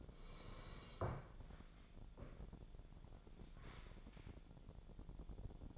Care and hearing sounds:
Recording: daily activity, microphone in the room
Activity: sit down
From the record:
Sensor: 5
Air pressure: 1000.5 hPa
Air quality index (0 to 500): 143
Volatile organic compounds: 2 ppm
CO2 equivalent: 1111 ppm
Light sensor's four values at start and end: 47/111/46/49 and 47/111/46/49

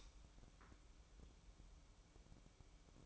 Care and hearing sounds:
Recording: daily activity, microphone in the room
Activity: light on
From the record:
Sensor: 1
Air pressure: 1008.0 hPa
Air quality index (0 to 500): 118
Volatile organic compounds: 2 ppm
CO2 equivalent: 996 ppm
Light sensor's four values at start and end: 11/25/10/11 and 21/64/26/26

